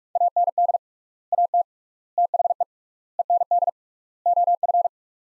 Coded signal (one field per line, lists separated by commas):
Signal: Morse code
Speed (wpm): 43 wpm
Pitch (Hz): 700 Hz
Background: none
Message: AND AT THE END OF